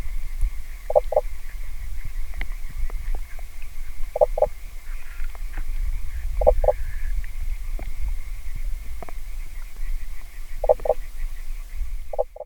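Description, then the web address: Common spadefoot calls: soft low double knocks repeated every few seconds over a steady low rumble and a faint high hum. "Pélobate brun Chant du pelobate"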